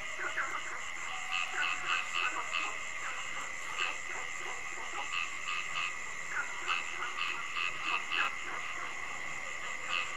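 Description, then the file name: Frogs giving rapid repeated calls in clusters, with a steady high-pitched buzzing hum underneath. Frogs calling at night. "Tieng ech nhai keu ban dem"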